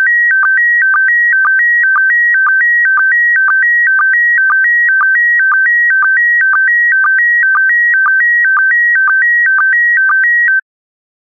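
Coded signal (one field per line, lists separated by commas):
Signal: SSTV (slow-scan television)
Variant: PD120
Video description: When ready, un-pause this video and start to decode * this is a 2 minutes test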